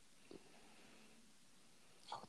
This cat snoring. He's got these little squeak snores.